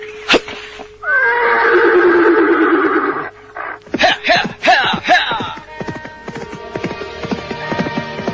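A horse lets out a long, loud whinny lasting a couple of seconds, followed by snorts and shorter neighs, with faint shuffling and clopping sounds underneath.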